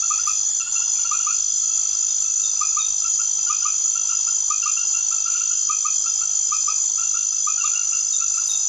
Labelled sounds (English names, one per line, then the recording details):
none
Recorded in secondary vegetation near Puerto Asís, Putumayo, Colombia, on 9 March 2025 at 21:30
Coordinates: 0.489, -76.322
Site G042